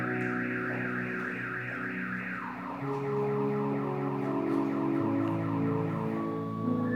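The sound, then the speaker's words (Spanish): A car alarm blares without pause, its electronic tones cycling and shifting pitch in repeating patterns. The sound is loud and steady, with no voices over it. “¿Qué carro está sonando?”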